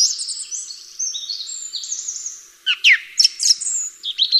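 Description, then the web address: Bird song: a sustained high twittering warble followed by loud sharp chirps and quick whistled notes. "atelierson sons birds"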